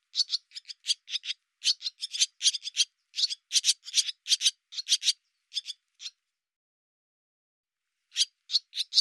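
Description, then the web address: Bird uttering rapid, rasping chatter in bursts of grating notes, then a two-second pause before the harsh calls resume. "cianscape birddata Deverinetal 2025"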